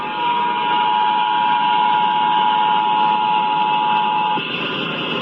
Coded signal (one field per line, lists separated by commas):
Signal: Emergency Alert System (SAME) tones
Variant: 853 and 960 Hz attention tone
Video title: National EAS Test 2019 - @SPCcentralindy8008